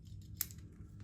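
The magnetic head of a metal safety razor is put back onto its razor handle and pops into place with a sharp, bright click at 0.4 s over a low steady hum. Fainter ticks follow at 0.5 s and 1.0 s. The head is seated.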